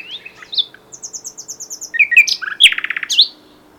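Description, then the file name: Common nightingale song: varied whistles, a quick run of high repeated notes, then a rapid trill and a final sharp note. "Luscinia megarhynchos"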